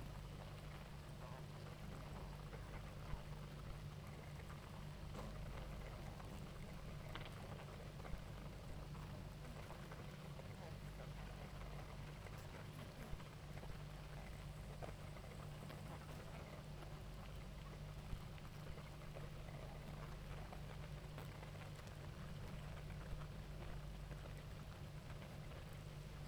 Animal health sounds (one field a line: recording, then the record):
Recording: honeybee colony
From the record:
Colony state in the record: active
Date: 28 July 2017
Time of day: 18:50